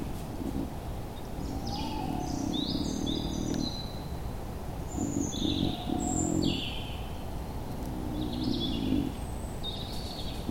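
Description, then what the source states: Wild boar giving quick, low, pulsing grunts in repeated bursts under constant rain noise, while birds chirp and whistle throughout. Wild boar moved a microphone placed where raindrops would not hit it directly; the sound is described as very peaceful and gentle.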